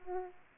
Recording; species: mosquito wingbeat signal from an infrared sensor; Aedes aegypti